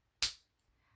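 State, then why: Seated. A plastic cap is pressed back onto the barrel of an alcohol blending marker and snaps shut with one sharp, bright click at 0.2 s that fades out by about 0.4 s, followed by near silence. The cap is seated and sealed so the ink won't evaporate.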